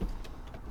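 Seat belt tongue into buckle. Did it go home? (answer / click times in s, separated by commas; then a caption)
no / none. A seat belt's metal tongue is being handled toward its buckle inside a truck cab as the belt is pulled across the body, with low rumbling, faint rustling and a brief soft tick around 0.3 s. Nothing has seated or clicked yet; the clip ends just before the tongue goes home.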